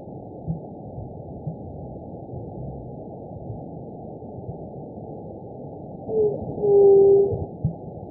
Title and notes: Juriti pupu. White-tipped Dove (Leptotila verreauxi). Áudio do pio da juriti